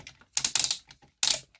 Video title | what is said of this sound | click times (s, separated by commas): Playmates Mastodon Dinozord - Toycember 2025 | You hear that? Snappy. Snappy. | 0.4 s, 1.2 s